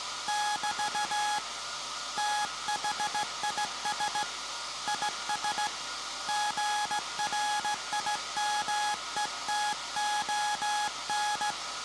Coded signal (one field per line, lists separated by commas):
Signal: Morse code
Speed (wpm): 15 wpm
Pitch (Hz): 840 Hz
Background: none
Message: <BT> THIS IS GRIMETON